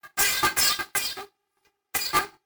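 Four short, harsh, dry-sounding coughs from an adult: three in quick succession, then one more after a pause of about half a second. Each burst is breathy and hissy with no wheeze or rattle. A plain cough sound.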